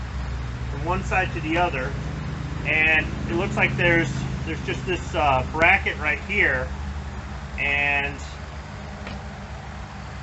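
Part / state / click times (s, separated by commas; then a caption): spring-loaded clamp bracket onto tonneau cover rail / seated / 9.1 s. Someone talks over a steady low hum while fitting a spring-loaded metal clamp bracket onto the rail of an Extang Trifecta 2.0 tonneau cover during installation on a pickup bed. A short, sharp snap is heard at 9.1 s as the bracket seats into place.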